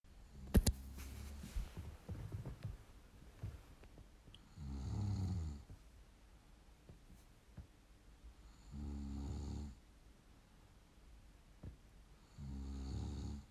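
Three regular low, rumbling snores from an adult sleeper, about four seconds apart, roughly 16 breaths a minute, with quiet rustling between.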